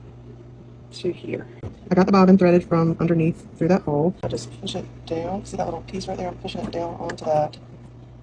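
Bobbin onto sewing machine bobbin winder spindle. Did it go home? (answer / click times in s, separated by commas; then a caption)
no / none. A plastic sewing machine bobbin, threaded from underneath through its hole, is being pushed down onto the bobbin winder spindle of a Brother sewing machine while someone talks over a steady low hum. Nothing has seated or clicked yet; the clip ends just before the bobbin goes all the way down.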